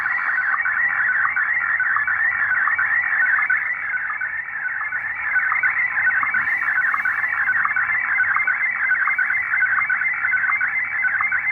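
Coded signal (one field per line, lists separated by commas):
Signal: SSTV (slow-scan television)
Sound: steady warbling, chirpy tone sliding between pitches, with periodic low ticks under static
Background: radio static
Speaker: the chameleon antenna flute decoding SSTV here inside the house.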